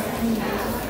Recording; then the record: background sound without coughing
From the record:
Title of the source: 40 min - Ambience sounds UNIVERSITY lunchroom chatting